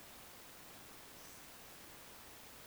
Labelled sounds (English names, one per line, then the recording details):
Eurasian Woodcock whistle
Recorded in Baden-Württemberg, Germany, on 10 June 2020 at 20:07 UTC
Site 45520, 595 m above sea level